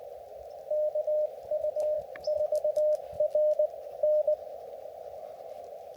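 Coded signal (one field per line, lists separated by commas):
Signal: Morse code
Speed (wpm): 18 wpm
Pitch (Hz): 590 Hz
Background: radio noise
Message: KU4RN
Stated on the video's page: Portable Parks on the Air activation from a backcountry campground in Akamina-Kishinea Provincial Park, British Columbia.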